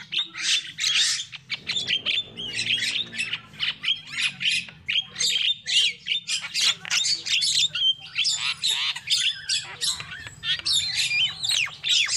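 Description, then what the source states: Lovebird: loud, continuous squawking and shrill chattering in fast, pulsing bursts, over a faint low hum. Lure call used for trapping lovebirds.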